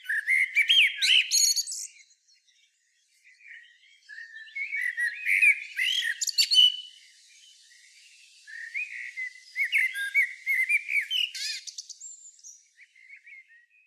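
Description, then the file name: Common blackbird song: rich whistled phrases followed by high scratchy twitters, several phrases with brief gaps between them. "Turdus merula"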